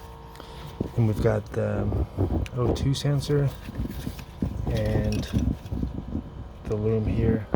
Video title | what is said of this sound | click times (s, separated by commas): part 3 Subaru transmission install. | push for the click | 0.4 s